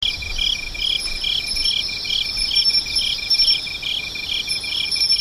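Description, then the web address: Insects chorusing: a dense chorus of high trills with rhythmic pulses and a fainter steady high whine above. "nishikawa 201110 mushinokoi"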